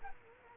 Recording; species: mosquito wingbeat signal from an infrared sensor; Culex quinquefasciatus